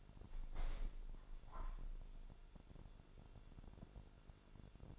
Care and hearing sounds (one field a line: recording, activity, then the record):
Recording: daily activity, microphone in the room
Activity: open window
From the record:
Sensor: 5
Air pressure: 1006.6 hPa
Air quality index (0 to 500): 194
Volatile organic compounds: 6 ppm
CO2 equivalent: 1844 ppm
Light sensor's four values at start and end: 56/160/62/63 and 56/160/62/63